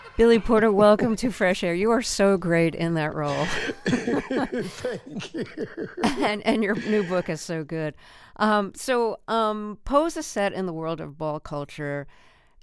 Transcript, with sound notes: Billy Porter, welcome to FRESH AIR. You are so great in that role.
(LAUGHTER)
Thank you.
And your new book is so good. So "Pose" is set in the world of ball culture